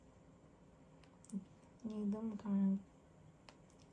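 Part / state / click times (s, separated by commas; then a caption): plastic washer backing onto safety eye shank in crocheted toy / seated / 3.5 s. A plastic washer backing is pushed onto the shank of the second plastic safety eye in a crocheted toy. Someone talks from about 1.8 to 2.8 seconds, and a small, sharp click is heard at 3.5 s as the washer seats. The eye is now fixed and won't come off.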